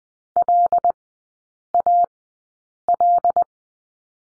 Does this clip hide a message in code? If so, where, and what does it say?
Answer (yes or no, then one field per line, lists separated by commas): yes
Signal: Morse code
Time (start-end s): 0.4-3.4 s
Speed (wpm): 20 wpm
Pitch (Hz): 700 Hz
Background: none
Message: LAL